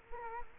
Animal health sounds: mosquito wingbeat signal from an infrared sensor; Culex quinquefasciatus

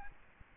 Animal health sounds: mosquito wingbeat signal from an infrared sensor; Aedes albopictus

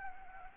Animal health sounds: mosquito wingbeat signal from an infrared sensor; Anopheles gambiae

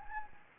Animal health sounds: mosquito wingbeat signal from an infrared sensor; Anopheles gambiae

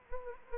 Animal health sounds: mosquito wingbeat signal from an infrared sensor; Anopheles gambiae

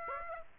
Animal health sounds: mosquito wingbeat signal from an infrared sensor; Aedes aegypti

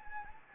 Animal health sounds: mosquito wingbeat signal from an infrared sensor; Anopheles gambiae

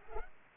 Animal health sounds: mosquito wingbeat signal from an infrared sensor; Aedes aegypti

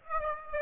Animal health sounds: mosquito wingbeat signal from an infrared sensor; Aedes aegypti

